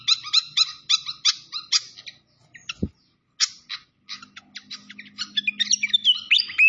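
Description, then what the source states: Malaysian pied fantail song: quick bursts of bright chirpy notes, a short pause, then sharp whistles and rising slurred notes, with a low hum underneath. Masteran (training recording) of a clear-voiced fantail, mixed with the sound of flowing water.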